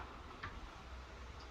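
A plastic B-pillar trim panel on a Transit van is held and given a little bump up into its pillar clips. A short sharp snap is heard at 0.4 s over a low steady background hum. The panel seats and stays firm.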